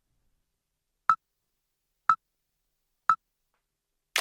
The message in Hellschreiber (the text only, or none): none